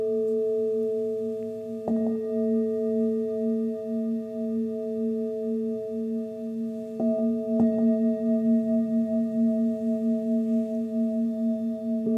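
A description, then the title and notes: Crystal and Tibetan bowls ring with a steady, layered hum, a low tone near the bottom and brighter overtones above, pulsing gently as they waver. Fresh strikes land around two seconds and again near seven and a half seconds, renewing the shimmering tone. The journey is a soundscape of crystal & tibetan bowls.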